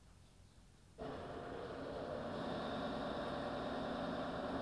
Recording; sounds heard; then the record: poultry house recording; no chicken sound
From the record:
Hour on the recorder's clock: 21